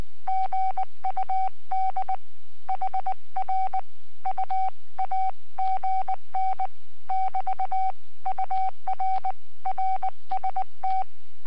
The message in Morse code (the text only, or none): GUD HR U AGN <BT> UR RST